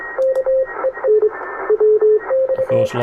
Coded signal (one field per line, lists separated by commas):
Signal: Morse code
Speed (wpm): 26 wpm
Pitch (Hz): 530 Hz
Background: radio noise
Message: KEE X